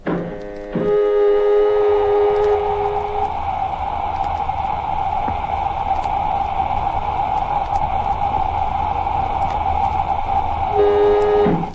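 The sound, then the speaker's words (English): An airlock filling with air, heard as a loud, steady, droning hum with rich overtones that holds unchanged for about eleven seconds before cutting off, with no voices. “Filling airlock.”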